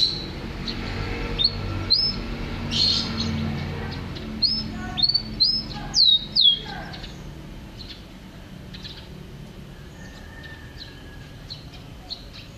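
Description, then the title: Canary song, broken: scattered whistled upsweeps and short notes early on, fading to faint chirps over steady background hiss. Champion canary described as gacor (singing vigorously); first-place winner. "Suara Kenari Gacor Suara Kicau Burung Kenari Gacor Juara 1"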